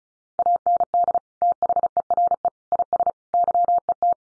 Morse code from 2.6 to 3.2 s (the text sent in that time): IS